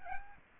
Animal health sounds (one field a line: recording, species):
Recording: mosquito wingbeat signal from an infrared sensor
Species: Aedes albopictus